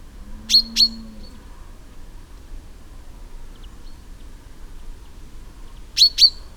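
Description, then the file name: Common chaffinch with two pairs of sharp, clipped calls, one at the start and one near the end, separated by quiet background. "Fringilla coelebs"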